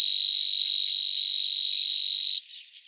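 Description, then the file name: Nightingale cricket giving a continuous high, even trill that stops abruptly near the end, leaving faint scratchy sounds. "sverchok solovinyy golos"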